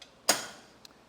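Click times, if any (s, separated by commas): 0.3 s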